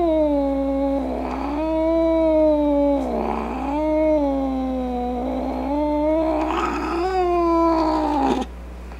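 Cat giving drawn-out angry yowls, wavering up and down in pitch in long moaning swells with brief dips, continuous for about eight seconds before cutting off.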